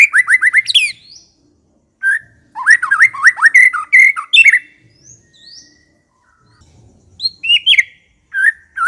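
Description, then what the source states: White-rumped shama giving rapid repeated whistled notes, then a tumbling run of loud slurred whistles, a quiet gap and a few high thin notes and final sharp whistles. Song used as a lure to provoke a fighting, aggressive bird.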